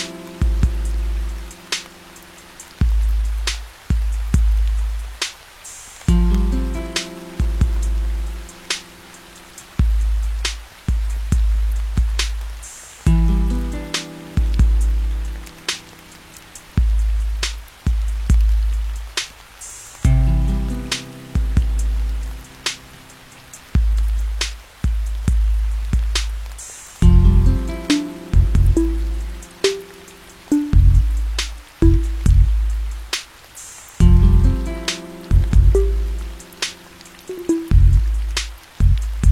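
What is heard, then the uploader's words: Music with rain sounds: a looping beat with deep, thumping bass notes and short melodic phrases that repeat roughly every seven seconds. Sharp, crackling ticks like raindrops scatter across the whole clip, sitting on top of the steady, pulsing rhythm. Music w/ Rain Sounds.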